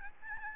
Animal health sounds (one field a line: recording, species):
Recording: mosquito wingbeat signal from an infrared sensor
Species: Aedes albopictus